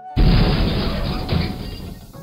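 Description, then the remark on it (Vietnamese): A massive explosion erupts suddenly as a huge sphere of light bursts in the air, a deep rumbling boom with crackling debris that surges again briefly before slowly fading out. “Một tiếng nổ kinh thiên động địa, quang cầu to lớn rốt cuộc cũng nổ tung trong không trung, biến thành vô số ánh sáng nhỏ cỡ nắm tay hạ xuống”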